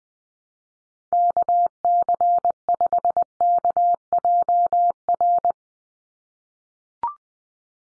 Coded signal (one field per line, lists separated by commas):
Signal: Morse code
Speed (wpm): 20 wpm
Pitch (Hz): 700 Hz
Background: none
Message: KC5KJR